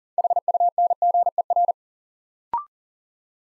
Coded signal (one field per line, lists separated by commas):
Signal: Morse code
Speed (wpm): 38 wpm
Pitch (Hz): 700 Hz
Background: none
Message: HUNGER